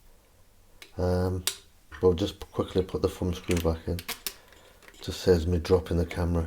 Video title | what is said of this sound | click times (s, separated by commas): Detailed Unboxing GoPro Hero 12 Black Creators Edition | So we're going to close this. That clicks into place. | 0.8 s